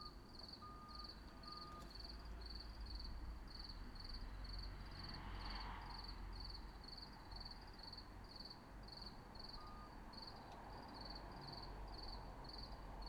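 Cricket chirping in steady high-pitched pulses, about two chirps per second, over a constant low rumbling hum.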